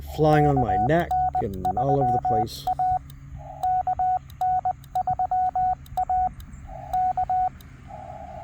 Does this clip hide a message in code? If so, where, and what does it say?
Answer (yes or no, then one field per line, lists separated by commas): yes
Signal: Morse code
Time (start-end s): 0.3-7.5 s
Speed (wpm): 20 wpm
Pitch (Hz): 740 Hz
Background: speech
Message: KN3A KN3A K